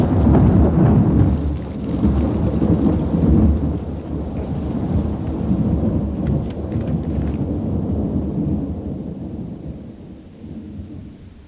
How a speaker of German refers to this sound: Gerade als er triefend am Tor anlangte, Wache der 1. Eskadron, Ulanderegiment 14, Parole, Prinz Eugen, schmetterte ein Blitz nieder, straßenweit die stürmische Nacht erhellend. Hinter ihm krachte, als risse er den ganzen Himmel mit sich heran.